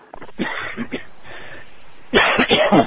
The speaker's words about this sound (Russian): Взял трубку, чтобы покашлять.